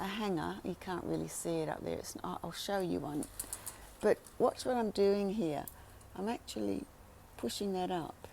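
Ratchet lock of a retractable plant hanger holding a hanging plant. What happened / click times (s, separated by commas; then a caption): The hanger was handled but the ratchet has not clicked home yet / none. Someone talks while pushing a hanging orchid plant upward on a retractable spring-ratchet plant hanger, working toward the ratchet lock catching to hold the plant higher. The clip ends before the part goes home, so nothing has clicked or seated yet.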